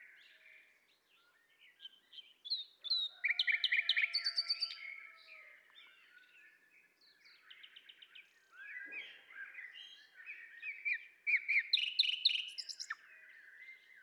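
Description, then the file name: Common nightingale song: loud bursts of rapid repeated clicking notes and high trills between softer whistles, with a long low whistled note. "Luscinia megarhynchos"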